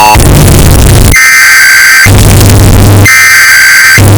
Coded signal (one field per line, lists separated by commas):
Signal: Emergency Alert System (SAME) tones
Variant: header bursts